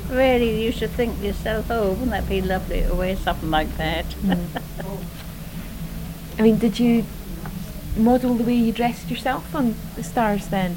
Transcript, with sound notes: Really you would think to yourself, oh, wouldn't that be lovely, to wear something like that. [laughs]
Mhm. I mean did you model the way you dressed yourself on the stars then?